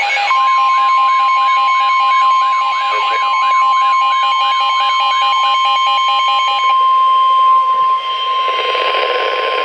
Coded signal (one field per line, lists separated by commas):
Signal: Emergency Alert System (SAME) tones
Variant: 1050 Hz attention tone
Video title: NOAA & AM/FM - 6x EAS Alerts!!! 3 SVRs 3 FFWs (EAS #856 - 861)